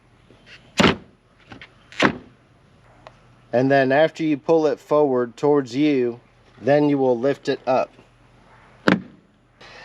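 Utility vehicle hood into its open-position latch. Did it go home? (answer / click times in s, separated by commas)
yes / 8.9 s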